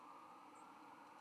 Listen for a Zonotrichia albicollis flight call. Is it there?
no